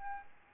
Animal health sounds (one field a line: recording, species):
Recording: mosquito wingbeat signal from an infrared sensor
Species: Aedes albopictus